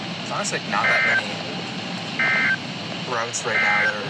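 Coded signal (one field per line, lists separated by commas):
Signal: Emergency Alert System (SAME) tones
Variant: end-of-message bursts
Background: speech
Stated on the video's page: Weather radio EAS alerts for a slight risk threat, compiled.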